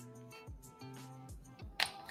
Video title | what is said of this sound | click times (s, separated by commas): Monday Commercial Appliance News | slide that in this way until it kind of just snaps back into place. Right there | 1.8 s